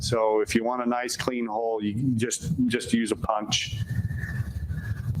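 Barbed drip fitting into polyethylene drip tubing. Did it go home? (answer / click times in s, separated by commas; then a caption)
no / none. Someone talks for about the first 3.5 seconds, then soft rustling and scraping handling noise follows as a barbed plastic drip fitting is worked toward a punched hole in polyethylene drip tubing. The clip ends before the fitting snaps in, so nothing has seated or clicked yet.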